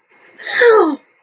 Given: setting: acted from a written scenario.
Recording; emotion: vocal sound without words; pride